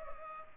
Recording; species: mosquito wingbeat signal from an infrared sensor; Culex pipiens